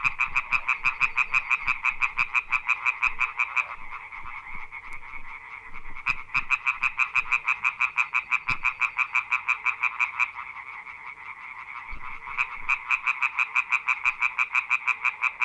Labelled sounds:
Common Tree Frog call
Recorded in the wild
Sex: group
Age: adult
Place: Brodowin, Brandenburg, DE
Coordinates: 52.9106, 13.9614
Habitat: pond
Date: 1966-05-01 19:45
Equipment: R 20/2
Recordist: Schubert, Michael
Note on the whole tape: Feldtümpel bei Brodowin: Konzert von ca. 50 Exemplaren. Sehr gute Aufnahme

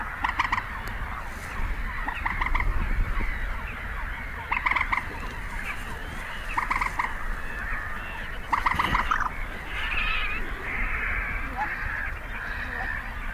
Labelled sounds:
Common Moorhen call
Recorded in the wild
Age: adult
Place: Kützerhof, Kummerower See, Mecklenburg-Vorpommern, DE
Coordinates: 53.85, 12.86
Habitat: wetland
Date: 2010-04-29
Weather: 10°C, weak winds
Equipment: Sound Devices 702, Sennheiser MKH 70, Rycote Windschutz
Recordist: Frommolt, Karl-Heinz

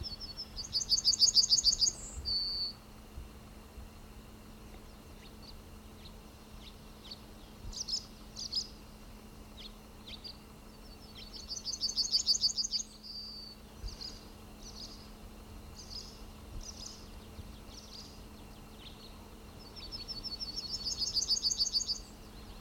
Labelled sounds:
Yellowhammer
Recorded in the wild
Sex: male
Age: adult
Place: Schildow, NSG, Kalktuffgelände am Tegeler Fließ (NSG Schildow), Berlin, DE
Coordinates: 52.64, 13.37
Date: 1993-04-19 11:10
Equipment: Uher 4400 Report Stereo IC, Sennheiser ME 80, K 30 AV
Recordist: Quaisser, Christiane
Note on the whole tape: Gesang

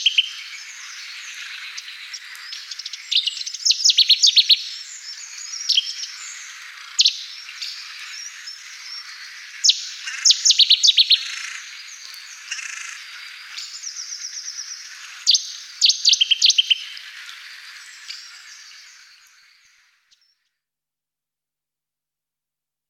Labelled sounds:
Cetti's Warbler song
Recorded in the wild
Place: Damtschik/Wolgadelta, RU
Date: 1995-05-16
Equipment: Dat-Recorder Casio DA 7, Telinga DAT, Telinga-Parabolspiegel
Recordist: Schwarz, Dieter

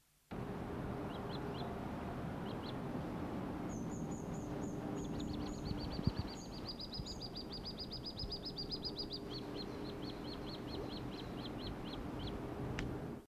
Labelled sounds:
Little Grebe call
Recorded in the wild
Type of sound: call
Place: Derneburg, DE
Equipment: Halbspur, 9,5 cm/s
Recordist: Lütgens, Hans
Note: Kleine, 13. Juli

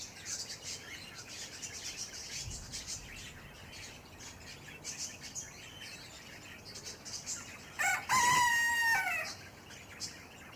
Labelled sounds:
Cockatiel call
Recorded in captivity
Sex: group
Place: Zoo Halle, Sachsen-Anhalt, DE
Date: 2004-12-14 13:17
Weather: sonnig, 2°C
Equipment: Sony WM-D6C, Sennheiser ME 80, Kopie Uher 4000 Report Monitor
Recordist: Tembrock, Günter

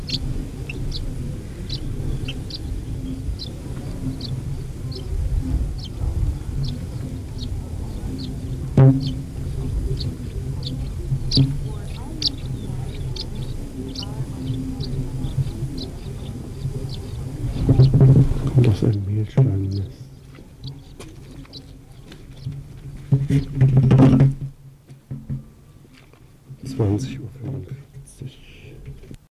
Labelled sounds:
Common House Martin call
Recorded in the wild
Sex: group
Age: juvenile
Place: Feldberg - Koldenhof, Mecklenburgische Seenplatte, Mecklenburg, DE
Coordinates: 53.3325, 13.3433
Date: 1976-07-01 20:50
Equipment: Uher CR 210, Sennheiser MD 421 HL, Verstärker, Reflektor, Kopie Uher 4200
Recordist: Tembrock, Günter

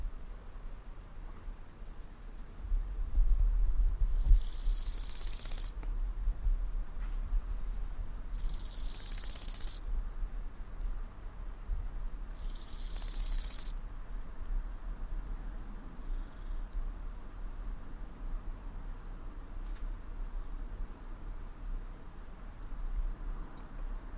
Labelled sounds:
Bow-winged Grasshopper stridulation
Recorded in the wild
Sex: male
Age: imago
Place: Waldsieversdorf, Märkische Schweiz, Brandenburg, DE
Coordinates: 52.5331, 14.0719
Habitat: dirt road
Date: 1992-08-22 14:45
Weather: sunny, 27°C
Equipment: Sony WM-D6C, Sennheiser ME 80, K 30 AV
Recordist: Frommolt, Karl-Heinz

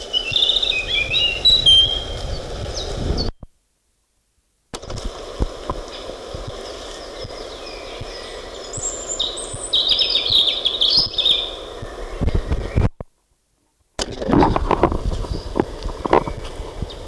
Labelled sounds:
European Robin song
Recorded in the wild
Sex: male
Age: adult
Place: Strausberg, Brandenburg, DE
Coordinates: 52.6167, 13.8833
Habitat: lake
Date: 1969-04-26 14:00
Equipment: Uher 4200, Telefunken-Mikrofon, Vorverstärker 2
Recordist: Tembrock, Günter

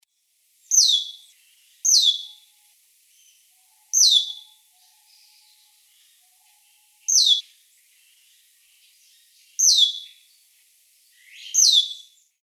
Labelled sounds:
Asian Glossy Starling
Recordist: Tembrock, Günter
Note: Rufe

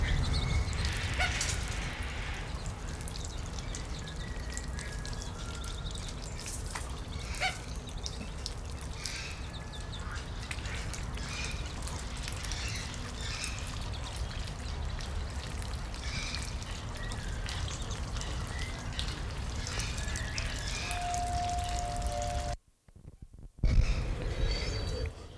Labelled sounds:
Ringed Teal call
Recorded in captivity
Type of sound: call
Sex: group
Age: diverse
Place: Zoo Berlin, Berlin, DE
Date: 1995-09-14 19:36
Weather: leicht bewölkt, 16°C
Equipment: Sony WM-D6C, Sennheiser ME 80, Kopie Uher 4000 Report Monitor
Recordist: Tembrock, Günter
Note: Rotschulterente mit Jungen

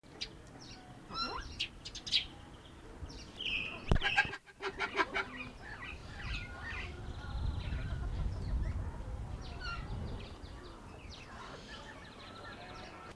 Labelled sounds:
Brown Eared Pheasant call
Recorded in captivity
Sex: male
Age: adult
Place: Zoo Halle, Sachsen-Anhalt, DE
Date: 1987-04-11 11:28
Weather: heiter, 7-10°C
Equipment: Nagra SN, Kopie Tesla B 116
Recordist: Tembrock, Günter

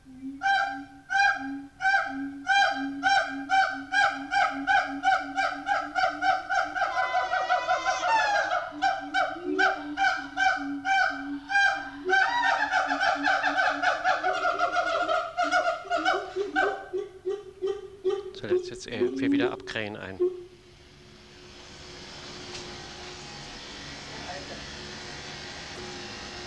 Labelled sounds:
Siamang
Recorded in captivity
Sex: pair
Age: adult
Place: Zoo Berlin, Berlin, DE
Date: 1984-08-03
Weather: bedeckt, heiter, Regen, 20°C
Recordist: Tembrock, Günter

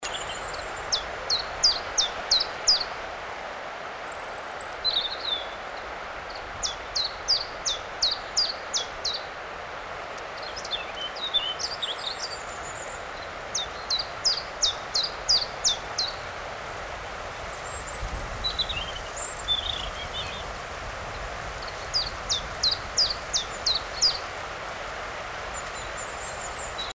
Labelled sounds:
Common Chiffchaff song
European Robin
Common Firecrest
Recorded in the wild
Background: Erithacus rubecula, Regulus ignicapilla
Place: Oberstdorf, Bayern, DE
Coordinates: 47.3661, 10.3014
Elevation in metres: 922
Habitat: mountains
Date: 1985-04-05
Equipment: Uher 4000 Report
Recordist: Tretzel, Erwin
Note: Weg zum Christlessee, Oberstdorf: Gesang

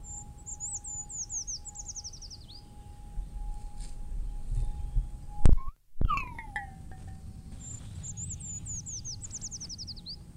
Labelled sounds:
Eurasian Treecreeper
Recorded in the wild
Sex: male
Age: adult
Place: Freiburg, Baden-Württemberg, DE
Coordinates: 48.0333, 7.82472
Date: 1960-03-24
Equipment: Maihak MMK 4, Sennheiser MD 82
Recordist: Thielcke, Gerhard

